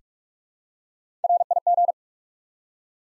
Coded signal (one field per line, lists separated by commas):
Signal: Morse code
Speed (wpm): 47 wpm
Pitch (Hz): 700 Hz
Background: none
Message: RIG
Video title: Top 20 QSO Elements 45wpm